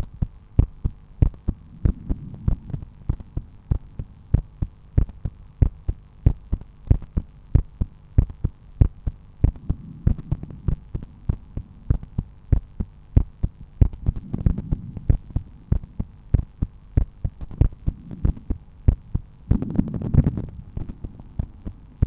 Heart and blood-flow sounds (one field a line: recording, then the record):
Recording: heart sounds by stethoscope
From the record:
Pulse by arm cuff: 96 bpm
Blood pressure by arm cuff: 119/82 mmHg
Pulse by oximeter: 95 bpm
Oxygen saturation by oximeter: 97%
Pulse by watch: 96 bpm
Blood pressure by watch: 132/86 mmHg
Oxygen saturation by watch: 96%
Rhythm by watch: sinus rhythm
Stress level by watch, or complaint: low stress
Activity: after 10 min smoking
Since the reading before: plus 6000 steps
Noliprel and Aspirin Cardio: after pills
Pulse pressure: 37 mmHg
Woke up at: 7:30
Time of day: 19:43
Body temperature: 36.5 C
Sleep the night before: 8 h 32 min, score 78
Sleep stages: REM 32%, light 50%, deep 12%, awake 6%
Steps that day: 9500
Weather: sunny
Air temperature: 22.6 C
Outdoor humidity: 65%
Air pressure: 1013 hPa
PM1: 8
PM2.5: 13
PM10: 19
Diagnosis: hypertension, treated with Noliprel and Aspirin Cardio 100 mg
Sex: male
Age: 53 years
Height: 174 cm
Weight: 81 kg